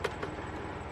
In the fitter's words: You should hear a pop.